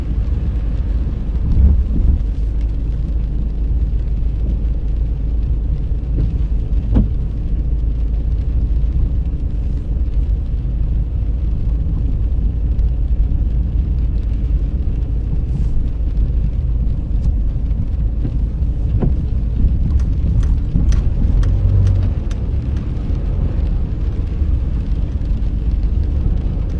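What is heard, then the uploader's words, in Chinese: A car drives along a country road in the rain, its low engine and road rumble steady and heavy throughout. Scattered faint clicks and taps break through now and then, clustering more densely around twenty to twenty-two seconds. 雨中行驶在异国他乡的乡间小路上。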